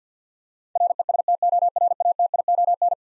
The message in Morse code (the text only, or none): RESTORATION